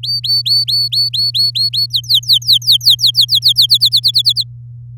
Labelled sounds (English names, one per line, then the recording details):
Domestic Canary song
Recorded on 10 May 2018 at 06:19
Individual llb16